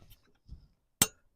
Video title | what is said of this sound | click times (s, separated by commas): I Bought A Cheap Lawnmower, This Is What Happened | There we go. Good audible click. | 1.0 s